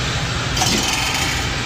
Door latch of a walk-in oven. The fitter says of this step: If this door were to close by itself, it doesn't. It doesn't latch.